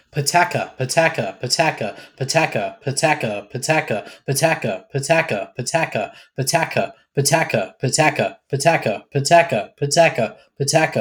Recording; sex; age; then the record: repeated syllables /pa ta ka/; male; 30 to 39 years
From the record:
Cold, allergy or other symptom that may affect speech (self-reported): no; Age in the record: 37 years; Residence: Tennessee, United States